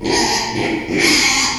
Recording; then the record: squeal of a Yucatan mini pig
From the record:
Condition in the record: after surgery on the right vocal fold (resection and tissue-engineered implant); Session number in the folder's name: 2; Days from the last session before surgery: 13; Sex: male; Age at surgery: 12 weeks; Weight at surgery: 13 kg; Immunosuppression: cyclosporine, prednisolone